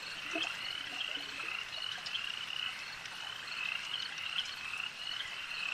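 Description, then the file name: Insects buzzing together in a thick, even drone, high and shimmering, with a few brief lower chirps early on. A swarm of insects heard as ambient sound. "Elijah Wagner - Relaxing Insect Swarm Ambience"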